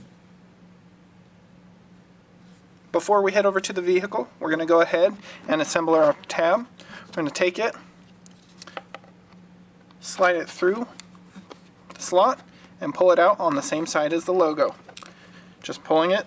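A plastic mounting tab is handled and lined up to slide through the slot of a Rokblokz mud flap for a 2014–2020 Nissan Rogue, while someone talks. Short handling noises come between about 8.3 and 11.9 seconds. Nothing has clicked into place yet.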